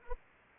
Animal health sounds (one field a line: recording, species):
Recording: mosquito wingbeat signal from an infrared sensor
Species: Anopheles arabiensis